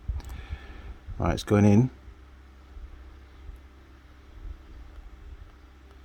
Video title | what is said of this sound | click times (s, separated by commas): DR200 - CB radio full install inc helmet! #1490 | all right i didn't get a click let's try and get a click | none